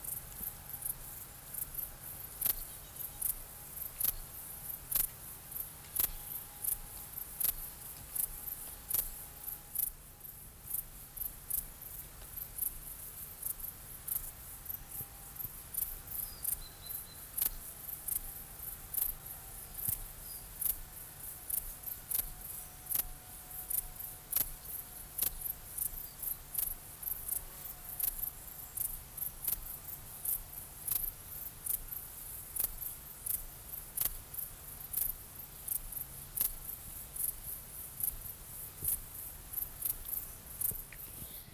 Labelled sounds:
Dark Bush-cricket stridulation
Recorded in the wild
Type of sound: stridulation
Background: Parus major, Lophophanes cristatus
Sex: male
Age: imago
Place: Treuchtlingen, Heumöderntal, Bayern, DE
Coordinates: 48.96, 10.91
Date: 1993-09-07
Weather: 20 °C, wolkig
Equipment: Marantz CP 430, Sennheiser MKH 416 T, Kopie Uher Variocord 263
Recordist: Tembrock, Günter
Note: Stridulation; Hintergrund: Parus major, cristatus

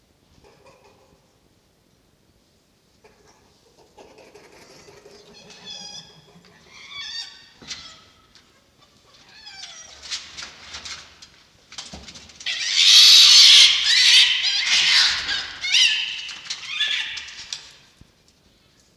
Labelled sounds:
Red Fox
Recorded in captivity
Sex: group
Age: diverse
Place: Zoologisches Institut der HUB, Berlin, DE
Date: 1953-04-06 19:20
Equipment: Elmetra
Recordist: Tembrock, Günter

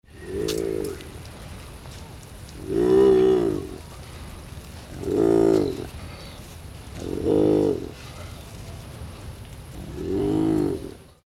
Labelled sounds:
Spotted Hyaena
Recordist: Tembrock, Günter
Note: Brummen

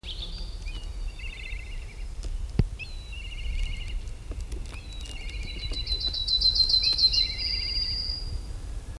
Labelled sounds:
Red Kite flight call
Yellowhammer
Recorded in the wild
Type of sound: flight call
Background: Emberiza citrinella
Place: Huywald, Huy, Sachsen-Anhalt, DE
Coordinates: 51.9486, 10.9519
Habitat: high forest
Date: 1971-07-11 11:48
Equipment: Uher 4200 Report-S, Tesla Verstärker, Sennheiser MD 421
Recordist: Tembrock, Günter
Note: 0:08 - 1:00 min)

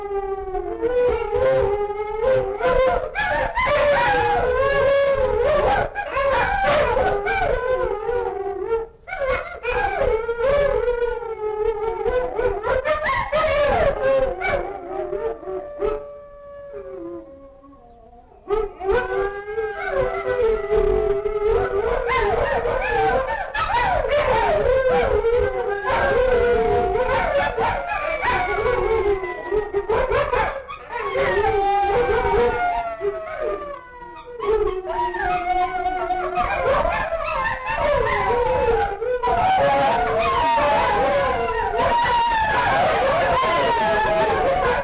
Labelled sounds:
Gray Wolf
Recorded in captivity
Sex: pair
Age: adult
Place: Zoo Berlin, Berlin, DE
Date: 1958-12-31 16:00
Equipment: Vollspur
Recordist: Tembrock, Günter

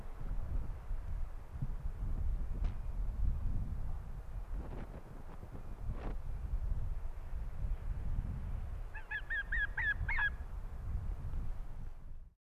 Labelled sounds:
Arctic Fox
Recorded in the wild
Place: Insel Mednyi, Kommandeur-Inseln, RU
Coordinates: 54.5167, 168.083
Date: 1999-08-24
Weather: 8°C, bedeckt
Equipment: Sony WM-D6C, Sennheiser ME 80, K 30 AV, Windkorb, Kopie Tascam DA 30
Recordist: Jakupi, Antje
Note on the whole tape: Südosten der Insel, Haupttal, Bambusstange: Bellstrophen von der Südhöhle. Zwei aufgezeichnet. Gut!!! Gleiches Tier wie zuvor

